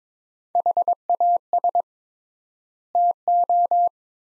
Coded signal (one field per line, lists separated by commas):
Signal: Morse code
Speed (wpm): 22 wpm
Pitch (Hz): 700 Hz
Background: none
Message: HAS TO